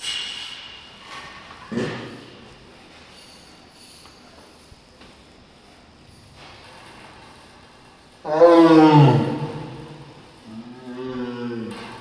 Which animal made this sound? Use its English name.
Tiger